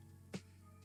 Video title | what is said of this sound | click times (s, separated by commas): LDO Voron Trident Beta Kit Build (Part 3) | they go in and then rotate clockwise to snap into place | 0.3 s